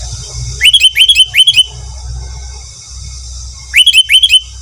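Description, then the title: Sooty-headed bulbul singing two short bubbly phrases of rising whistled notes separated by a pause, with low background rumble. "Kutilang"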